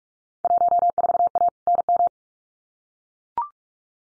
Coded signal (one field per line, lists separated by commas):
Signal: Morse code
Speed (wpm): 44 wpm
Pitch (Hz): 700 Hz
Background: none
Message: 14A NM